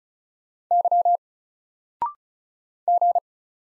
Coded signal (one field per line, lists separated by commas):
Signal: Morse code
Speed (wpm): 36 wpm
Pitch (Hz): 700 Hz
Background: none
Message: Y G